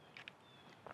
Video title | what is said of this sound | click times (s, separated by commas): HOW TO CREATE a GOPRO TIME LAPSE - A COMPLETE BEGINNERS GUIDE | When you do that, the lens pops off real easily. | 0.3 s